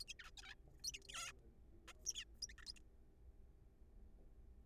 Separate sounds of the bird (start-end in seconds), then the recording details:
0.01-0.04, 0.08-0.13, 0.19-0.30, 0.37-0.41, 0.42-0.54, 0.84-0.91, 0.94-0.98, 1.09-1.32, 1.88-1.92, 2.07-2.13, 2.15-2.24, 2.42-2.47, 2.49-2.53, 2.58-2.62, 2.63-2.64, 2.67-2.72, 2.76-2.79. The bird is a juvenile. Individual R3428